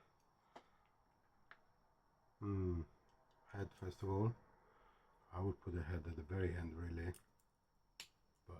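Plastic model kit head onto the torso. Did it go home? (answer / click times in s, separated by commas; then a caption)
yes / 8.0 s. Someone talks while fitting the plastic head onto the torso of a third-party, metal-painted Gundam RX-93 Nu model kit, with faint small ticks near 0.6 s and 1.5 s. A single sharp snap at 8.0 s marks the head seating on, though it is not a satisfying click.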